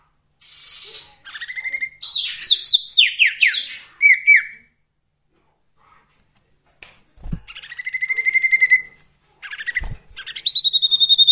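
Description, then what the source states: Sirtu song in varied phrases: sweeping chirps and quick trills, a silent gap, then more rattling trills and a high whistled ending. Masteran recording with the full variety of song, used for training songbirds.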